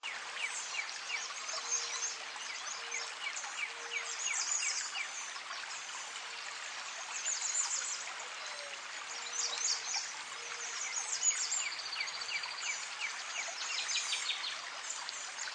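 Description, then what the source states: Birds singing: many overlapping high chirps, twitters and quick trills, with a low, even note repeating at intervals, all over a steady rushing stream. Birds by a creek in a forest.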